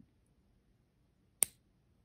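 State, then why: Released. The pin wire of a handmade wire pinback for polymer clay pins is pushed out of its engaged wire catch. After near silence, a single sharp, bright click sounds at 1.4 s and fades quickly. The pin wire releases from the catch.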